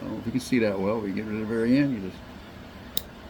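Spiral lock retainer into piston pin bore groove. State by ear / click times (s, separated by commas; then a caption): seated / 3.0 s. Someone talks while pushing the end of a spiral lock retaining ring into the groove in a piston pin bore. The talking stops, and a single sharp, brief click sounds at 3.0 s as the ring seats in the groove.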